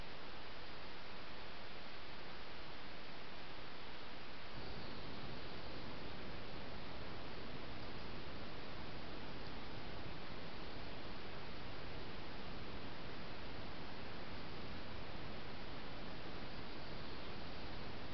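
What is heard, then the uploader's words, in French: A mountain forest at about 1200 metres, filled with a steady, dense rushing hiss like wind through trees or running water. The sound stays even throughout with no distinct events, apart from a slight change in the low rumble around four seconds in. Forêt 1200 m — Juin-Juillet 2020.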